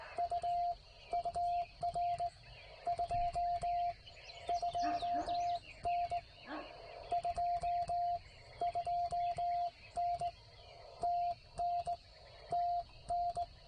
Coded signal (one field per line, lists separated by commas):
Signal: Morse code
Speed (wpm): 17 wpm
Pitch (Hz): 690 Hz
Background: music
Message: U UR 2 2N 2 2N TN TN